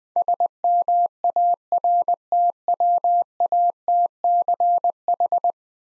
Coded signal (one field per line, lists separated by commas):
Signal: Morse code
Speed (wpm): 20 wpm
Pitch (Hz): 700 Hz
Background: none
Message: SMARTWATCH